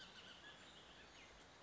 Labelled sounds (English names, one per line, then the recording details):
Bullock's Oriole
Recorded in Sonoma County, California